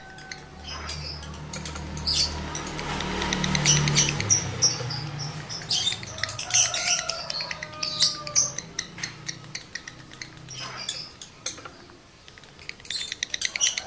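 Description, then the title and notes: Lovebird song of fast squeaky chatter and clicking trills, with a low droning hum underneath for the first half. Male lovebird in breeding condition; the song is used as a lure to prompt other lovebirds to sing. "Birahi Lovebird Jantan ke Gacor. Pancingan Suara Lovebird jantan birahi ini sangat manjur untuk burung Lovebird Anda"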